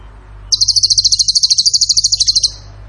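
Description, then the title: Bird song: one steady, high rattling trill of quick identical notes lasting about two seconds, with a faint low hum around it. Training song (masteran) in the tembakan gacor style. "Masteran Burung Tembakan Gacor"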